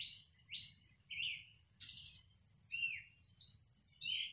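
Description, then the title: Birds giving varied high chirps and slurred whistles, some sliding down, one buzzy burst in the middle, over soft low background noise. Soundscape of birds. "Pájaros"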